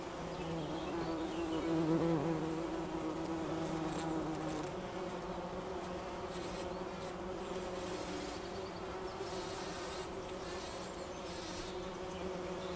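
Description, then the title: Bumblebee buzz, a continuous low drone that is loudest early on, then eases and wavers in pitch. Bumblebee buzzing recorded in Wülfel, Hannover, Germany. "Wülfel, Hannover, Deutschland - Hummelgebrumm"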